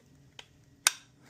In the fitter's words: Each time you should hear a click.